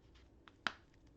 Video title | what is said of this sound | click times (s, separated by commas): Cirkul Filter Arrived! Thoughts and impressions | hear that click and that | 0.7 s